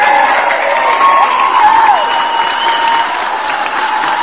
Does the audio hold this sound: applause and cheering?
yes